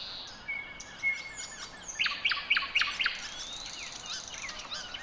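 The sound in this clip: Bird song within a dawn chorus: a long thin whistle, then a fast series of bright repeated notes, with other birds chirping around it.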